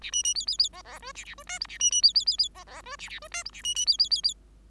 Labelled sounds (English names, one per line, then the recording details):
Bengalese Finch song
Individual Bird5